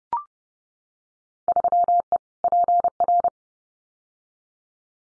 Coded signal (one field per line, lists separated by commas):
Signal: Morse code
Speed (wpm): 30 wpm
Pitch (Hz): 700 Hz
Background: none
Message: 3E PR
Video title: Field Day Exchange Encore 30wpm